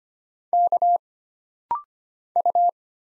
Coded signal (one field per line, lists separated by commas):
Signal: Morse code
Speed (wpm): 25 wpm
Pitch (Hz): 700 Hz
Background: none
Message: K U